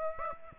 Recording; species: mosquito wingbeat signal from an infrared sensor; Aedes aegypti